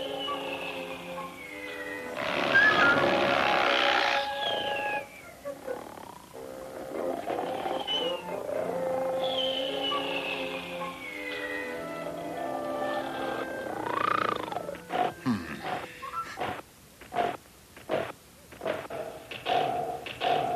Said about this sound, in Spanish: Fonógrafo. Efectos de sonido, ronquidos.